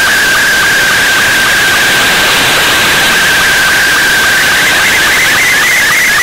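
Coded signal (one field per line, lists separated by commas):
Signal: SSTV (slow-scan television)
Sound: steady whining tone in heavy hiss, starting to warble and rise near the end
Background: radio static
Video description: Here is the latest Radio Northern Ireland SSTV image received with my Icom IC-R9500 on 15770Khz shortwave at approx. 21:25 UTC on July 30 2016.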